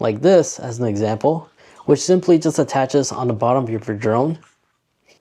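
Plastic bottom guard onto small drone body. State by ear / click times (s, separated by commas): not seated / none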